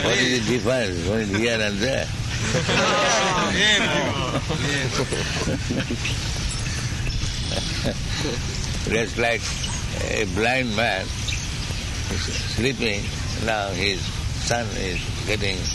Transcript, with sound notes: What is the difference when here and there? [Prabhupāda laughs] Just like a blind man, he's sleeping, now his son is getting,